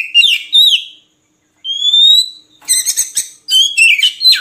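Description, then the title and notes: Oriental magpie-robin song, a few sliding whistles, a pause, a long clear rising whistle, then bursts of harsh scratchy chatter. Long-duration filler song (isian) for kacer, meant to make birds sing vigorously (gacor) day and night. "Kacer Jadi Gacor Siang Malam. Isian Kacer Durasi Panjang"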